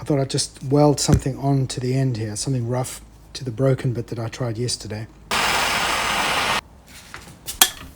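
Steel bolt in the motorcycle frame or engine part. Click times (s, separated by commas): 7.6 s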